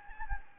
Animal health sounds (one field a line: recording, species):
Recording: mosquito wingbeat signal from an infrared sensor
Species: Anopheles gambiae